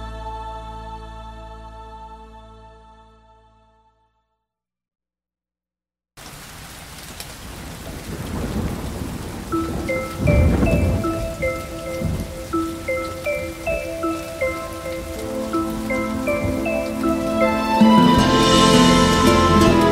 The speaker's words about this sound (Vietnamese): Từng giọt mưa tí tách rơi thánh thót ngoài hiên, đường chiều nay hiu quạnh.